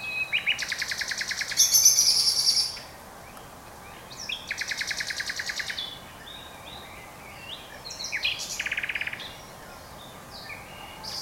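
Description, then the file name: Common nightingale song: rapid repeated rattling trills in three bursts separated by pauses, with quieter varied notes between them. "Luscinia megarhynchos"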